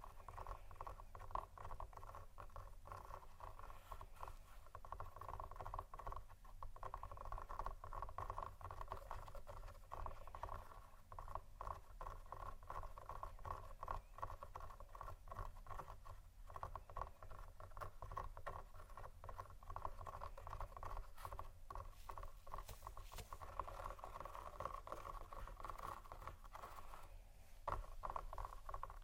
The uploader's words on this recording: ASMR Scratchingtapping On Textures（No Talking）.